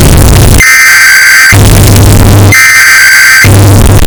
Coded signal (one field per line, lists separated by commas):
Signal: Emergency Alert System (SAME) tones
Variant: header bursts